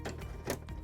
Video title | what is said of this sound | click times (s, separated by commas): pro c7110X 5th Color Changing Toner | you go into these three holes that are right there it clicks right in again | 0.5 s